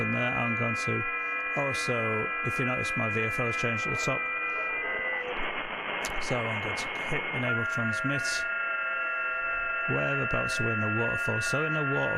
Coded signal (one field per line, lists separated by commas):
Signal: FT8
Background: speech